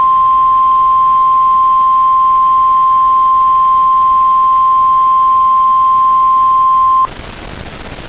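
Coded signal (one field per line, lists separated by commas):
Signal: Emergency Alert System (SAME) tones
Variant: 1050 Hz attention tone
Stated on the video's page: Fan-made recreation of an EAS Required Monthly Test styled after Chicago/Cook County alerts, not a real alert.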